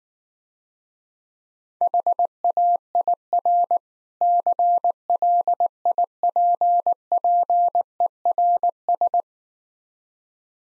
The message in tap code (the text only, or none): none